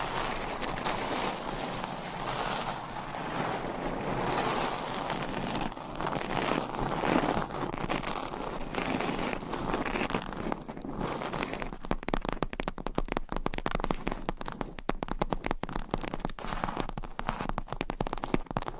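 Scratching and tapping on a surface, starting as a dense, continuous rasping hiss for the first ten seconds. After that the sound breaks into rapid, sharp clicks and taps, fast and irregular, with brief scraping strokes between them until the end.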